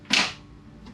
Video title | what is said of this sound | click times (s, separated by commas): Undermount Drawer Slides DEMYSTIFIED -- The Recreational Woodworker | It clicks, and now you're done. | 0.1 s